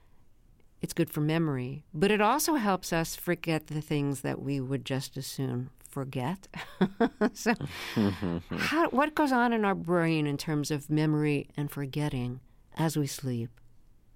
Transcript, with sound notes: It's good for memory. But it also helps us forget the things that we would just as soon forget (laughter), so...
(Laughter).
...How - what goes on in our brain in terms of memory and forgetting as we sleep?